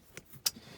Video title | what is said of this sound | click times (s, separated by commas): Star Wars: The Black Series General Grievous // Tyrant's Reviews | Yeah, my setup. There it goes. Now we got it locked into place. | 0.5 s